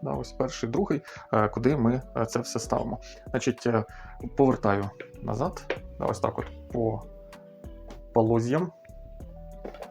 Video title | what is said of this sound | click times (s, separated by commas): Інструкція кавоварка Delonghi EC 685 M Dedica | Так, акуратненько до щелчка. Всесь. | 9.7 s, 9.8 s